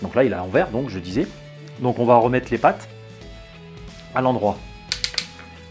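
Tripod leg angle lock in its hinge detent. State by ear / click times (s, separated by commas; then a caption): seated / 4.9 s, 5.0 s, 5.2 s. Someone talks while folding the carbon legs of a ZOMEI Z888C tripod back into their normal position. Three sharp clicks at 4.9 s, 5.0 s and 5.2 s are the leg-angle stops snapping into their detent notches in the hinge, and the legs are seated.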